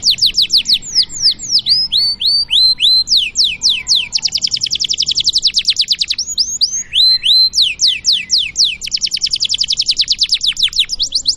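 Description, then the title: Canary song with fast series of downslurred whistles and long rapid trills, several notes per second, repeated in bursts. Canary song described as vigorous, insistent and with long rolls, meant to make other canaries answer at once. "LANGSUNG NYAUT GACOR DOR Kenari Manasaja, Dengan Kicau Kenari GACOR NGOTOT ROLL PANJANG"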